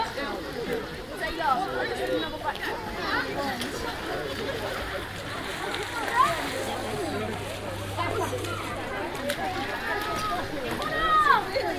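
Overlapping voices chatter continuously around the University of Exeter outdoor swimming pool, a dense crowd murmur with a steady low hum beneath it. Brief sharp bursts stand out near six seconds and again toward the end, possibly splashes or shouts.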